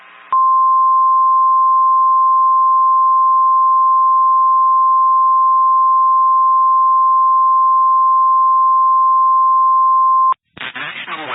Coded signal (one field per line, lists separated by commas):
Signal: Emergency Alert System (SAME) tones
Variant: 1050 Hz attention tone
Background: speech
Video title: Snow Squall Warning | EAS #410